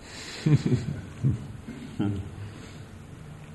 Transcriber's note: laughter